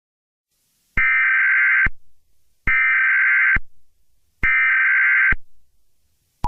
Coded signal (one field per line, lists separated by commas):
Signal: Emergency Alert System (SAME) tones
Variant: header bursts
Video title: EAS Scenario #95: !!!